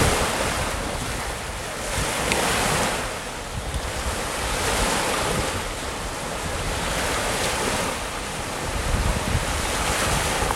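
Ocean surf rolls in a dense, steady wash with gentle swells every few seconds, while wind buffets the microphone with low rumbling gusts.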